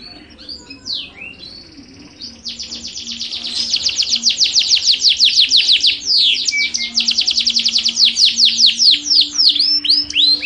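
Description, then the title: Yorkshire canary song that starts softly, then swells into a long, rapid rolling trill of down-slurred notes, with quicker flourishes near the end. Long song ('kicau panjang'); the bird is described as gacor, singing vigorously. "Suara Burung Kenari Yorkshire Gacor Kicau Panjang"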